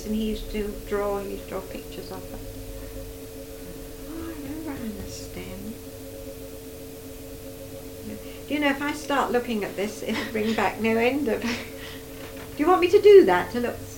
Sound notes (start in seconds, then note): 5.7 said quietly; 11.4 laughs